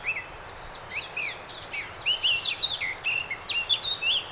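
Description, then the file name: Eurasian blackcap song, a continuous rapid warble of rising and falling clear notes. "Sylvia atricapilla"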